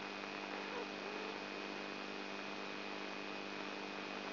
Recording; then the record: brain microelectrode recording played as sound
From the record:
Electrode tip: inside the subthalamic nucleus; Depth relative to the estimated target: 2 mm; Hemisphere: right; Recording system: AlphaMap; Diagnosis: Parkinson's disease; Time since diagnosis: 12 years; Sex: female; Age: 59 years